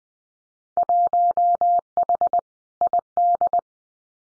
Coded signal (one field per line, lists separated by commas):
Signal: Morse code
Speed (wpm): 20 wpm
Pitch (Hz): 700 Hz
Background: none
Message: 1H ID